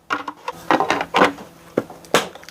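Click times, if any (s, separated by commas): 2.1 s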